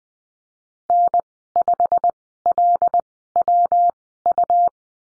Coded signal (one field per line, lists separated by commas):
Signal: Morse code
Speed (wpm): 20 wpm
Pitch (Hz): 700 Hz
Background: none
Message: N5LWU